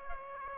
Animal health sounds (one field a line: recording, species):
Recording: mosquito wingbeat signal from an infrared sensor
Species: Aedes aegypti